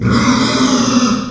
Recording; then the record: squeal of a Yucatan mini pig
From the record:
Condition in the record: after surgery on the right vocal fold (resection and tissue-engineered implant); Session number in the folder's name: 13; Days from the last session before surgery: 113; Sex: female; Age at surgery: 19 weeks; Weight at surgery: 25 kg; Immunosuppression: prednisolone